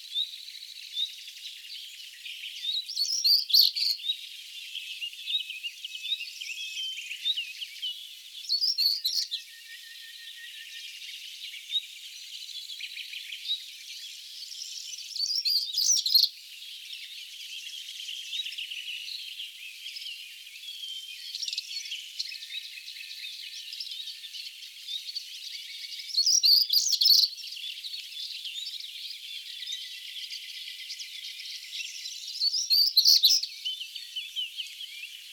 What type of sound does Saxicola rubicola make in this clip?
song